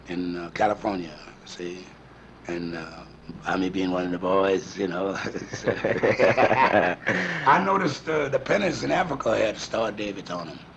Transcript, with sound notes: in California, see? And by me being one of the boys, you know? [LAUGHING] I noticed the pennies in Africa had a Star of David on them.